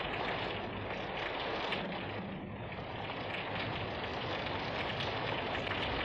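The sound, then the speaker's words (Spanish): Steady rain pours down in a dense, unbroken hiss, with soft patters and drips blending into a constant wash of noise and no voices. “Y seguía lloviendo cuando, calentado por truco, me dormí”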